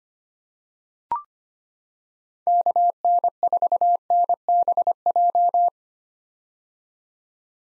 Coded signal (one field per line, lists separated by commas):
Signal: Morse code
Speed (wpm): 25 wpm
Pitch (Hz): 700 Hz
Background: none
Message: KN4NBJ